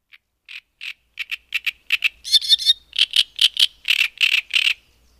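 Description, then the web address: Great reed warbler song, starting with soft clicks and quickening into loud, repeated harsh croaking notes with a buzzy grating burst. "Madardalok Nádirigó"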